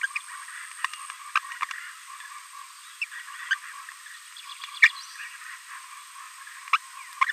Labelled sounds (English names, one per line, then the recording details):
Green-rumped Parrotlet babbling
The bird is a female
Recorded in a nest box in Venezuela
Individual 17B42A2